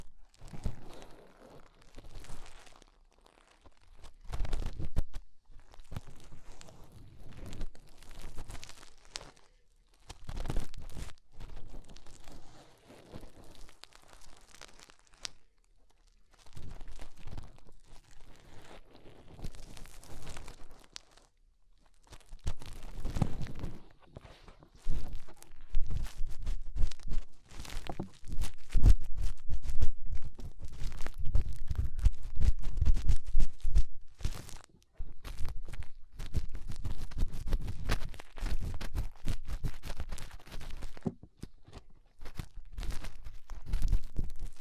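Fingers rub and scratch at an ear, making rough, crackling rustles in irregular bursts. The first twenty seconds are sparser with short pauses; from about 22 seconds the scraping grows louder and denser, with deep muffled thumps underneath.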